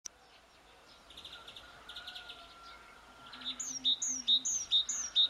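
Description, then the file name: Great tit calls: bright, high notes repeated in rapid pairs over the last two seconds, after a soft chorus of other birds and a faint steady tone. "Parus major"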